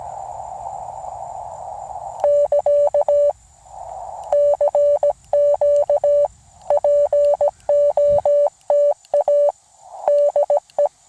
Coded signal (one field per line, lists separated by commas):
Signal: Morse code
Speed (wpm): 17 wpm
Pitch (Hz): 580 Hz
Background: none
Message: <KA> CQ POTA DE